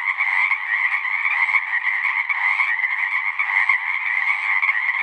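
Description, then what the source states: Pacific chorus frogs in full chorus, countless raspy croaks overlapping into a constant, shimmering drone. Full chorus after dusk; males giving advertisement calls to attract females, a distinct kree-eeck or ribbit.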